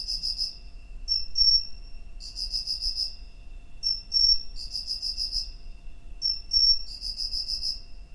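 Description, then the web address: Cricket song: bursts of pulsed, shrill chirps alternate with short clear whistled notes, the pattern repeating roughly every two seconds over a quiet background. "Hoerbeispiele Grillen"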